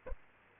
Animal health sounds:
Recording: mosquito wingbeat signal from an infrared sensor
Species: Aedes aegypti

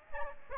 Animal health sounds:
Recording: mosquito wingbeat signal from an infrared sensor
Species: Aedes aegypti

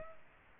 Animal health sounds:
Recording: mosquito wingbeat signal from an infrared sensor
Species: Aedes aegypti

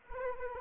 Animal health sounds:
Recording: mosquito wingbeat signal from an infrared sensor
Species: Anopheles arabiensis

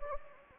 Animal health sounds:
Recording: mosquito wingbeat signal from an infrared sensor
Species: Anopheles gambiae

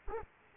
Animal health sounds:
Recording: mosquito wingbeat signal from an infrared sensor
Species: Culex quinquefasciatus

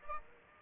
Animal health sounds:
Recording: mosquito wingbeat signal from an infrared sensor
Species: Aedes aegypti

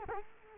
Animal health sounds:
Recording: mosquito wingbeat signal from an infrared sensor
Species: Culex quinquefasciatus

